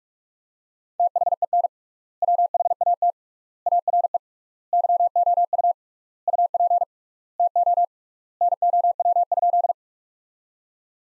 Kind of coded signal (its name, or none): Morse code